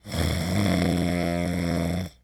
Human Male Snoring.